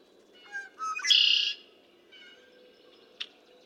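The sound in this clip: Red-winged blackbird song: short introductory notes, then a strong buzzy trill, a faint note and one sharp chip.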